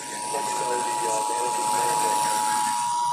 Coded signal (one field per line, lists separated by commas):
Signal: Emergency Alert System (SAME) tones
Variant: 853 and 960 Hz attention tone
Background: speech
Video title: October 4th 2023 EAS test part 2